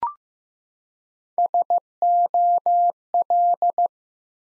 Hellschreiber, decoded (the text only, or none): none